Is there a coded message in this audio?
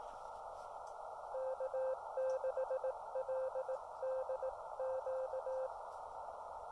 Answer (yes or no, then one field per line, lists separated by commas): yes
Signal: Morse code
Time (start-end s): 1.4-5.7 s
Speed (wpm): 18 wpm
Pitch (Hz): 520 Hz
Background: radio noise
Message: K6LDQ